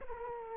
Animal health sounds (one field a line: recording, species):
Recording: mosquito wingbeat signal from an infrared sensor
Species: Culex quinquefasciatus